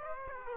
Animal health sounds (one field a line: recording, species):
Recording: mosquito wingbeat signal from an infrared sensor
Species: Aedes aegypti